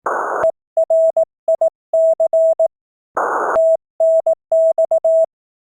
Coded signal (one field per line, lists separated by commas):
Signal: Morse code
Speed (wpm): 18 wpm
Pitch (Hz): 650 Hz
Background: none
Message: ERIC TNX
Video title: CW Morse Code QSO's 19th April 2020